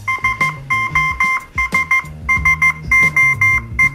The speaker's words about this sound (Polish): To jest międzynarodowy sygnał wzywania pomocy